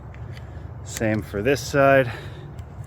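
A tension adjuster key is fitted in the frame adjuster on the second side of a racquet to turn it down to the lowest setting. Someone talks briefly over a quiet background. Nothing has seated or clicked yet.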